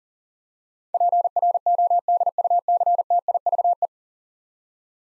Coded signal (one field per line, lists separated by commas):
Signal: Morse code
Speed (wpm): 37 wpm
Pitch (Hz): 700 Hz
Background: none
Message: PRODUCTIVE